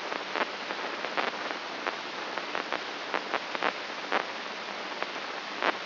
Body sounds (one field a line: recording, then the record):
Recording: brain microelectrode recording played as sound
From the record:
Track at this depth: inside the subthalamic nucleus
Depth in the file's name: 5.629 mm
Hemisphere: left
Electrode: 3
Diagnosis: Parkinson's disease